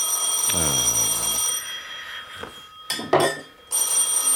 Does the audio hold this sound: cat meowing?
no